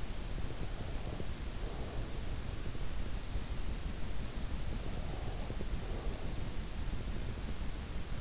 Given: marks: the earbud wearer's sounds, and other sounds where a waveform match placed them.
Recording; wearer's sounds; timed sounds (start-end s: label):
sounds in sleep by an in-ear microphone; breath
0.00-2.66 s: breath
4.51-6.68 s: breath